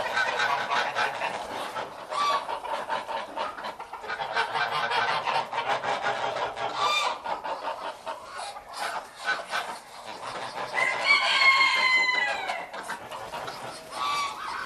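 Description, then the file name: Chickens clucking and calling in a dense, overlapping chorus, with a rooster's crow near the end amid constant flock noise. "Chickens and Fowls"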